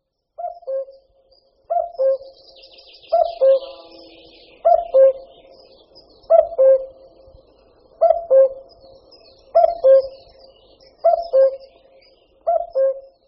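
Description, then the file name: Common cuckoo calling a clear two-note cu-ckoo, the second note lower, repeated steadily about every one and a half seconds, with faint high chattering of other birds behind. "Kukačka-obecná"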